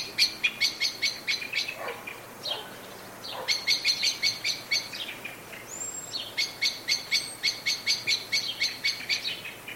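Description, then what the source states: Blackbird alarm chatter in three bursts of rapid, hard clicking notes separated by short pauses, with a thin high whistled note between them. Anxious calling.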